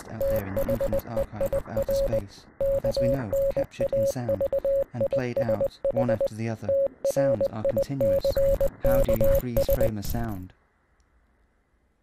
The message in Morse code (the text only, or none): THEIR KNAVISH TRICKS